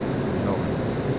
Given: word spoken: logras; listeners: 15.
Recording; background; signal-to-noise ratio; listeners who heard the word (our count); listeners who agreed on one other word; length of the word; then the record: one Spanish word in noise, from a listening test; speech-shaped noise; -6.8 dB; 0 of 15; 6 of 15; 0.79 s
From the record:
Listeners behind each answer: 6, 2, 2, 1, 1, 1, 1, 1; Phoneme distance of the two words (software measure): 40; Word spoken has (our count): 2 syllables, 6 phonemes, stress on syllable 1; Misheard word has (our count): 2 syllables, 6 phonemes, stress on syllable 1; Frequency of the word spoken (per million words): 0.49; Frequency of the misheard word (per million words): 12.11